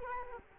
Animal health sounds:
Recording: mosquito wingbeat signal from an infrared sensor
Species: Culex quinquefasciatus

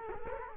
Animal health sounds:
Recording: mosquito wingbeat signal from an infrared sensor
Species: Culex quinquefasciatus

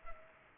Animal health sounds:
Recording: mosquito wingbeat signal from an infrared sensor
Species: Culex pipiens

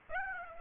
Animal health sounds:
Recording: mosquito wingbeat signal from an infrared sensor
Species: Aedes aegypti

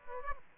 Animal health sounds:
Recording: mosquito wingbeat signal from an infrared sensor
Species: Aedes aegypti

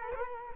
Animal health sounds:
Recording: mosquito wingbeat signal from an infrared sensor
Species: Culex quinquefasciatus

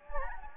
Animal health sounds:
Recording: mosquito wingbeat signal from an infrared sensor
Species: Anopheles gambiae

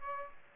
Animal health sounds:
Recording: mosquito wingbeat signal from an infrared sensor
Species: Aedes aegypti

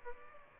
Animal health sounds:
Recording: mosquito wingbeat signal from an infrared sensor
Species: Aedes aegypti

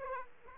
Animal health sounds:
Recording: mosquito wingbeat signal from an infrared sensor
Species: Aedes aegypti

